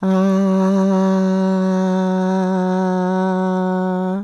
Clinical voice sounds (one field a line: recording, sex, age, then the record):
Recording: sustained vowel /a/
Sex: female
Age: 60 to 69 years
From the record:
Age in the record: 66 years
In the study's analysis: included